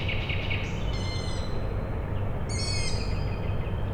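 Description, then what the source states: Owl chicks give a few high, squealing calls over a continuous low hum. Owl chicks calling at night, Tuesday 21 May 2019, Michałkowice, Siemianowice Śląskie, Poland; industrial plant in background; Zoom H5, Audio-Technica BP4025.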